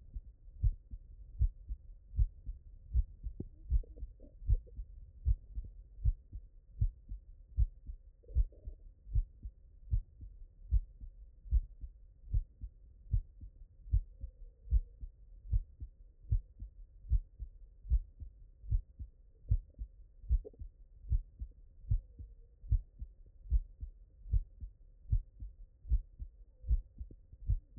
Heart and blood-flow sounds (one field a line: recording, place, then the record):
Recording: heart sounds by stethoscope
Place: mitral valve (MV)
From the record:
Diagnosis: non-HFrEF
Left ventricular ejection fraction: 66%